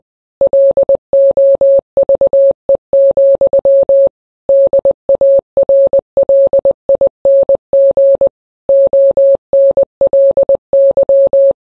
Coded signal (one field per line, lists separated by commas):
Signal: Morse code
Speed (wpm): 20 wpm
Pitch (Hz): 550 Hz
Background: none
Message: LOVE, DARLING ONLY